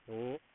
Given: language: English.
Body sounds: throat vibration sensor signal played as sound; speech

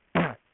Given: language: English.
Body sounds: throat vibration sensor signal played as sound; throat clearing

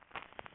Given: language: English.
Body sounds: throat vibration sensor signal played as sound; swallow

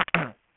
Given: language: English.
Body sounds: throat vibration sensor signal played as sound; throat clearing

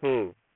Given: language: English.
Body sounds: throat vibration sensor signal played as sound; speech

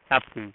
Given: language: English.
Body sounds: throat vibration sensor signal played as sound; speech

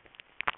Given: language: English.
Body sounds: throat vibration sensor signal played as sound; swallow

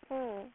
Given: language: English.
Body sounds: throat vibration sensor signal played as sound; speech

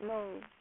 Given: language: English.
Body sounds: throat vibration sensor signal played as sound; speech

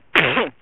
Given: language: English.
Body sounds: throat vibration sensor signal played as sound; cough

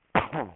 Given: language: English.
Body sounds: throat vibration sensor signal played as sound; cough

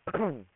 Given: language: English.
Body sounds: throat vibration sensor signal played as sound; throat clearing

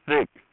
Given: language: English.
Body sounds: throat vibration sensor signal played as sound; speech

